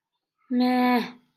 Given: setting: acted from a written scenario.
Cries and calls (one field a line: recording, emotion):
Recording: vocal sound without words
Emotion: neutral